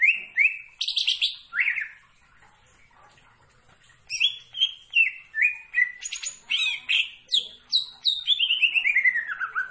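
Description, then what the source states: Leafbird song: loud slurred whistles, a two-second silence, then a fast, varied phrase ending in a sliding descending trill. Bird singing actively, described as gacor, meaning vigorous continuous singing.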